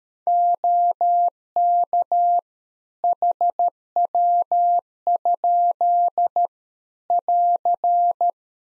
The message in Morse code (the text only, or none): OK HW? <AR>